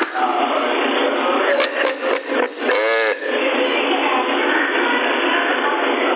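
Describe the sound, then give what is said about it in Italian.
A small fan whirs steadily throughout, a continuous airy mechanical drone with a few brief rattling pulses and a short rising-and-falling whine partway through. “Senti la ventolina?”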